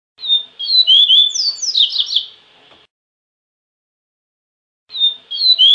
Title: Canto Coleiro